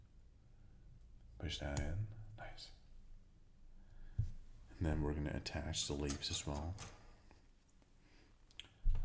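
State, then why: Seated. A plastic LEGO leaf element is pressed onto a brick daffodil stem assembly while someone talks, then it seats with a sharp click at 8.6 s. The leaf piece clicks firmly onto the flower stem.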